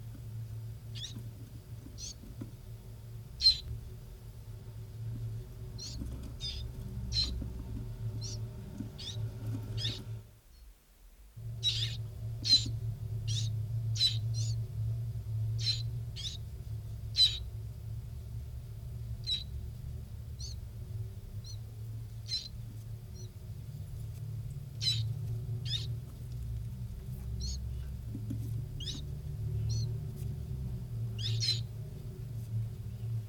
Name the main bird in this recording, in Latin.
Phylloscopus trochilus